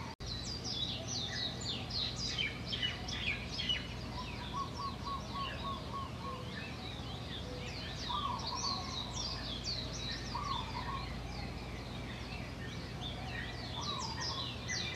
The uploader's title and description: Birds of Maui. Bird song from my balcony